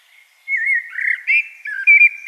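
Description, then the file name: Common blackbird song: a brief, smooth fluty warble with wavering, slurred notes. "Turdus merula"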